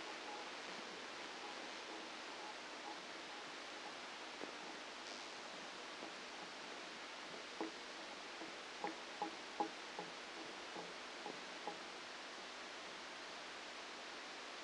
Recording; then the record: brain microelectrode recording played as sound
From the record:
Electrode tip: outside the subthalamic nucleus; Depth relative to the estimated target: -6 mm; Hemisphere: left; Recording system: NeuroSet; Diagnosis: Parkinson's disease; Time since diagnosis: 9 years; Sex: female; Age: 51 years